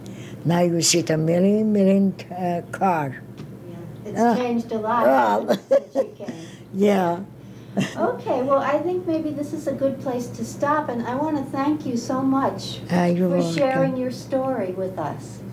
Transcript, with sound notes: Now I see a million, million car.
It changed a lot since you came.
( she laughs ) Yeah.
Okay. Well, I think maybe this is a good place to stop, and I want to thank you so much for sharing your story with us.